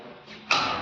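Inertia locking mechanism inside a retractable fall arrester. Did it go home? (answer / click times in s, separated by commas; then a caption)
yes / 0.5 s. The cable of a retractable fall arrester (metal housing, webbing or steel line) is jerked to show that its inertia locking mechanism engages. After a quiet stretch of low rustling, a sharp click sounds at 0.5 s, followed by a brief bright ring that fades. The inertia lock engages and the line is locked.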